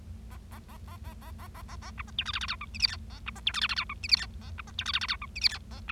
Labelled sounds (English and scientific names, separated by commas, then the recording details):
Bengalese Finch (Lonchura striata domestica) song
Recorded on 25 March 2012 at 10:51
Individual gy6or6